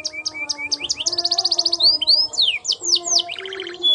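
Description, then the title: Belgian canary singing quick chirps that run into rapid trills, slurred whistles and a buzzy rattle at the close. Belgian canary warm-up song used for masteran tutoring, a long rolling song meant to help young canaries start singing quickly. "Canto Para Esquentar Canário Belga. Kenari AF gacor panjang untuk masteran, Kenari muda cepat gacor ngerol panjang"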